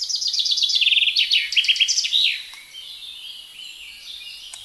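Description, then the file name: Common chaffinch song, a cascading series of crisp repeated notes ending in an emphatic flourish, followed by quiet background birdsong. "Fringilla coelebs"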